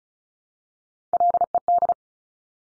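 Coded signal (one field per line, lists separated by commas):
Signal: Morse code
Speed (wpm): 36 wpm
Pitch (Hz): 700 Hz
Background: none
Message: LED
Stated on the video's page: Morse drill of top three-letter combinations at 35 wpm, each sent, spoken, then sent again for head copy.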